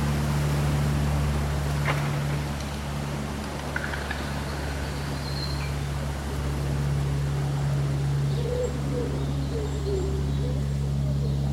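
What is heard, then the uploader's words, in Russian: Leaves rustle in a steady, dense hiss while birds call faintly, with a few thin high chirps near five seconds and soft low cooing around eight to ten seconds. A constant low hum runs underneath throughout. Прохладный летний день: Шелест листвы и пение птиц. Симфония шелеста листьев и мелодии местных птиц.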